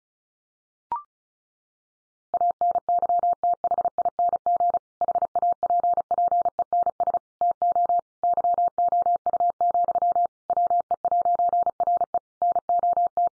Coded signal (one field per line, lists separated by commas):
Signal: Morse code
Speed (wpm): 34 wpm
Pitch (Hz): 700 Hz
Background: none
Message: ANYTHING HAPPENS TO YOU, WE'RE NOT